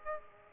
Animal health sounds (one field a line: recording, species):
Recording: mosquito wingbeat signal from an infrared sensor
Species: Aedes aegypti